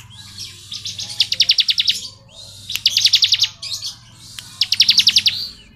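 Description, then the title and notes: Bar-winged prinia trilling in three short bursts of quick high notes over a steady low hum. Song in the ngebren style, used as tutor audio for training murai batu songbirds. "Ciblek Ngebren Untuk Masteran Murai Batu. Suara burung ciblek - Suara Nada"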